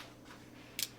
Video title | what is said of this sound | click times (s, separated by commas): Feyachi Laser Light Combo - Overview | and when you're done charging it you simply stick it back inside and it should click into place | 0.8 s